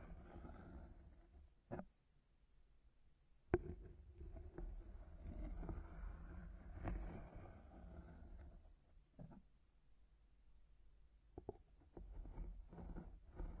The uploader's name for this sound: Massage the ears with plants, make circles around your ears